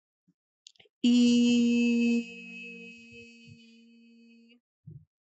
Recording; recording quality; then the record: sustained vowel as in beet; excellent, no background noise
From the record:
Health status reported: healthy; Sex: female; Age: 25 years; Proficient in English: yes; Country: India